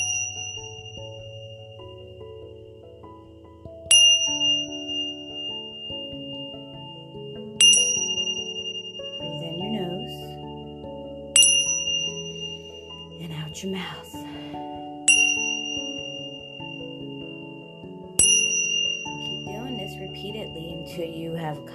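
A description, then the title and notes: A Tibetan singing bowl rings out about every four seconds, each bright strike leaving a long, shimmering tone that fades slowly. Underneath, a soft, low drum-like layer hums with shifting tones, and from about nine seconds on, light metallic clinks and rattles of bells join in. With my buffalo drum, Tibetan singing bowl and dragon rings bells.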